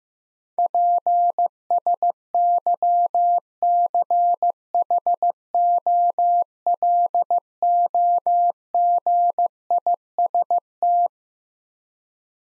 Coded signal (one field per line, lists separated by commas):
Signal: Morse code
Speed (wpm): 15 wpm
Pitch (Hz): 700 Hz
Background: none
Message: PSYCHOLOGIST